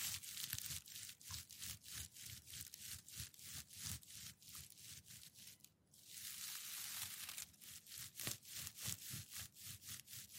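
Packing paper is crinkled and stroked in slow, regular pulses, about two per second, each a bright dry rustle. Near the six-second mark the rhythm breaks into a brief pause and then a longer, continuous rustling sweep before the pulsing crinkles resume.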